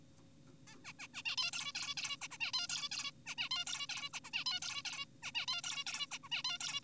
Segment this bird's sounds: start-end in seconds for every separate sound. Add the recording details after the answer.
0.68-0.76, 0.85-0.93, 0.99-1.08, 1.14-1.23, 1.26-1.36, 1.38-1.51, 1.53-1.73, 1.75-1.95, 1.97-2.17, 2.22-2.28, 2.31-2.38, 2.40-2.52, 2.54-2.67, 2.70-2.89, 2.92-3.12, 3.26-3.35, 3.38-3.49, 3.51-3.65, 3.67-3.87, 3.89-4.09, 4.14-4.20, 4.24-4.30, 4.34-4.44, 4.46-4.60, 4.62-4.82, 4.85-5.06, 5.23-5.32, 5.35-5.46, 5.48-5.62, 5.64-5.84, 5.87-6.07, 6.11-6.18, 6.24-6.29, 6.32-6.43, 6.44-6.58, 6.60-6.80. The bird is an adult. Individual g4p5U